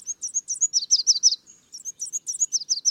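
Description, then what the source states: Red Warbler song: quick, high, twittering phrases, a brief pause near the middle, then another rapid run; otherwise quiet. Endemic to Mexican highlands, humid pine, oak and fir forest; sings only on clear sunny mornings during breeding season, February to May.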